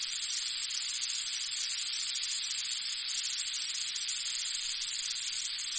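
Rattlesnake rattling: a continuous, dry, high-pitched hissing buzz held without a break throughout, with a slight steady flutter.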